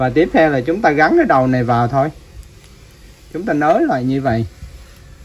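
A washing machine inlet hose's quick coupling is handled at the threaded tap adapter, with its sleeve pulled back, while someone talks. A faint short tap sounds at about 2.4 s between stretches of speech, but nothing has seated or clicked yet.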